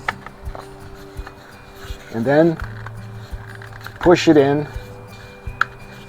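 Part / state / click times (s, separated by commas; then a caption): display stand arm into stand base / seated / 5.6 s. The plastic support arm of the display stand for a 1995 Playmates Star Trek The Movie Collection U.S.S. Excelsior NCC-2000 electronic starship is pushed into its socket in the stand base while someone talks. One sharp click sounds at 5.6 s as the arm locks into place.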